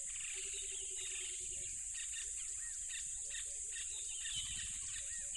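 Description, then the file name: Crickets in a loud, steady high-pitched chorus throughout, with a short low pulsed trill near the start and scattered chirps and whistles from other animals. Loud crickets by a tropical river. "smartsound ATMO NATURE Tropical River Loud Crickets"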